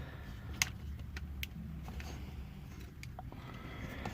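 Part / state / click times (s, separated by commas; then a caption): plastic chest piece into action figure torso / seated / 0.6 s. During robot-mode transformation of a plastic Transformers X-Men crossover Ultimate X-Spanse action figure, the head is raised and the plastic chest piece is brought down into the torso. It snaps into place with a sharp, bright click at 0.6 s, followed by fainter plastic ticks around 1.2, 1.4 and 3.0 s over a low steady hum. The chest piece is seated.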